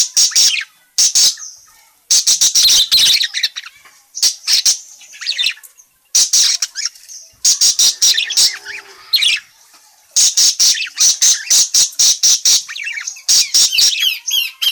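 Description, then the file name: Parakeet chatter: dense runs of shrill, scratchy chirps and squawks in long bursts, broken by short pauses, continuing almost without a break. Bird calling, described as gacor (very vocal, chatty). "suara burung parkit gacor memanggil"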